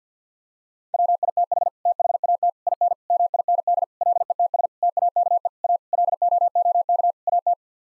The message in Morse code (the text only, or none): WITH THAT IN MIND LETS TAKE A LOOK AT